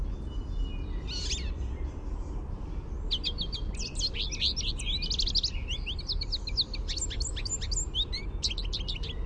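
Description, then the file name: American goldfinch contact song: a faint phrase at first, then a sustained stretch of rapid high twittering and slurred notes, over low background noise. Contact song, a "sweeet" note. "AMGO contact song sweeet"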